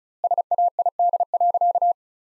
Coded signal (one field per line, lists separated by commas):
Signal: Morse code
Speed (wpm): 34 wpm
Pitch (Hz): 700 Hz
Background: none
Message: SAID.